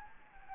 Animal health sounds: mosquito wingbeat signal from an infrared sensor; Anopheles gambiae

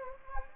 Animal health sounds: mosquito wingbeat signal from an infrared sensor; Anopheles gambiae

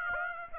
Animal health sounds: mosquito wingbeat signal from an infrared sensor; Aedes aegypti

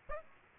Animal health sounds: mosquito wingbeat signal from an infrared sensor; Aedes aegypti

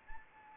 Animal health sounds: mosquito wingbeat signal from an infrared sensor; Anopheles arabiensis

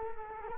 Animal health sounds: mosquito wingbeat signal from an infrared sensor; Culex quinquefasciatus

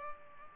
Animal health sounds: mosquito wingbeat signal from an infrared sensor; Culex pipiens

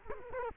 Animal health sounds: mosquito wingbeat signal from an infrared sensor; Culex quinquefasciatus

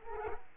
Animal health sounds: mosquito wingbeat signal from an infrared sensor; Culex quinquefasciatus

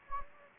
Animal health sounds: mosquito wingbeat signal from an infrared sensor; Anopheles gambiae

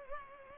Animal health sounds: mosquito wingbeat signal from an infrared sensor; Culex pipiens

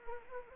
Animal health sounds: mosquito wingbeat signal from an infrared sensor; Anopheles arabiensis

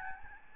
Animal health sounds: mosquito wingbeat signal from an infrared sensor; Aedes albopictus

